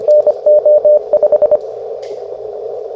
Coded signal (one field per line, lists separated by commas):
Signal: Morse code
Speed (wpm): 24 wpm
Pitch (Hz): 600 Hz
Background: radio noise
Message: NO5